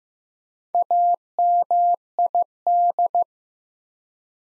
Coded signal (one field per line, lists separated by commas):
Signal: Morse code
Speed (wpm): 15 wpm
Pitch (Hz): 700 Hz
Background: none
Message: AMID